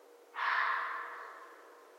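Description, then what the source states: Red fox giving a single harsh, hoarse bark that starts abruptly and fades slowly. Recorded 13 January 2012.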